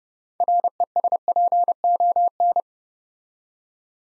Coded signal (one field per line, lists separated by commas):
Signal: Morse code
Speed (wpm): 30 wpm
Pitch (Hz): 700 Hz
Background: none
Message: RESPON